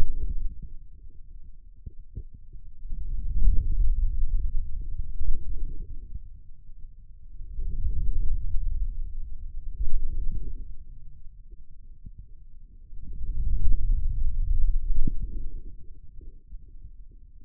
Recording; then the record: forearm muscle sounds (acoustic myography)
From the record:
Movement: hand closing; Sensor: system 2, bracelet of six BSWA MPA416 microphones around the upper forearm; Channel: 6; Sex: male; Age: 22 years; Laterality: right